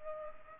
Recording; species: mosquito wingbeat signal from an infrared sensor; Culex pipiens